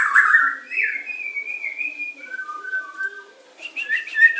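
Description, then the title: Oriental magpie-robin song: a loud slurred whistle leads into long, thin, level whistled tones, then a brief burst of sharper, higher notes at the end. "Kicau Kacer"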